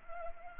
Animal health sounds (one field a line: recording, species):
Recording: mosquito wingbeat signal from an infrared sensor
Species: Anopheles arabiensis